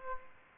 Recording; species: mosquito wingbeat signal from an infrared sensor; Aedes aegypti